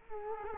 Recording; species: mosquito wingbeat signal from an infrared sensor; Culex quinquefasciatus